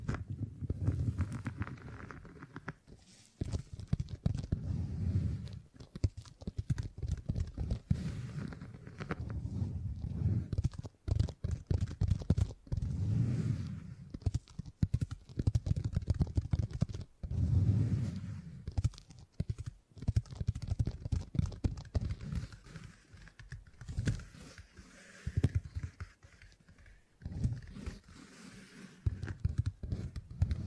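Tingly sounds made with beeswax: soft, irregular rubbing and squishing with dense bursts of low, muffled pressing that swell and fade every few seconds. Crisp clicks and tapping scatter throughout, and the activity keeps changing from start to finish.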